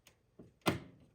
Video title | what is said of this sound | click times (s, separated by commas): How to install the Labyrinth Pinball Goblin Topper | make sure you hear that click | 0.7 s